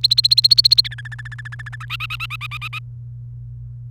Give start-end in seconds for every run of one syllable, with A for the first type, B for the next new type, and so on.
0.03-0.88 A, 0.91-1.76 B, 1.80-2.79 C